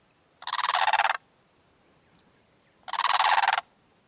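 Bird calling with two loud, rattling gobble-like bursts, each under a second long and about two and a half seconds apart, over a quiet background.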